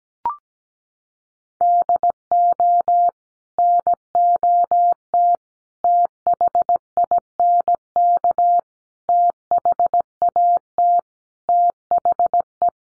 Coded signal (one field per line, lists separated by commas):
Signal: Morse code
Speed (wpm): 17 wpm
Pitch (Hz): 700 Hz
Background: none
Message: DO NOT THINK THAT THE